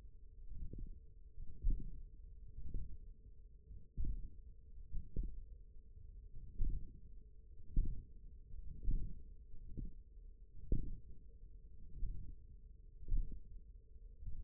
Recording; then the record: forearm muscle sounds (acoustic myography)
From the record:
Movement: radial deviation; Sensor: system 1, eight BSWA MPA416 microphones around the upper forearm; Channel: 2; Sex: male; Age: 20 years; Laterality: left